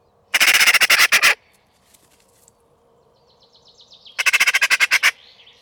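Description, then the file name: Eurasian magpie rattling chatter: two loud bursts of fast, dry, machine-gun-like notes, with faint high notes from another bird between. "Pica pica"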